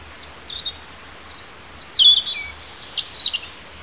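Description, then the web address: Bird sings a rapid twittering song of high, thin notes and quick slurred phrases, growing louder midway and ending in a dense chattering burst. Native hedge bird, March. "oeko hecke vogel maerz vogel heimisch"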